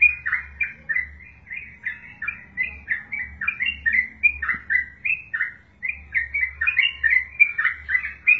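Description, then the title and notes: Yellow-vented Bulbul: rapid bubbly chattering, notes crowding together, one short gap late on, faint hum in the background. Wild bird, locally called trucukan. "Trucuk Liar 3. trucukan"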